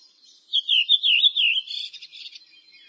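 Bird giving a single warbling, whistled call that wavers up and down for about a second, then breaks into softer, buzzy chatter.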